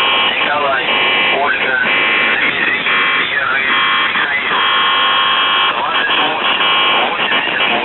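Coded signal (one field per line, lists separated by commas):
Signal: channel marker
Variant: UVB-76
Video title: The Buzzer/UVB-76(4625Khz) June 8th, 2023 Voice messages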